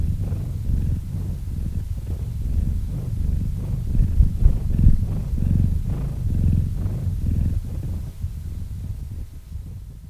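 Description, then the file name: Domestic cat purring, a low rumbling throb in pulses a little faster than once a second, growing louder in the middle and easing off toward the end. Cat named Murchik purring into a microphone. "Kot Murchik - Murchanie kota kot murchal v mikrofon"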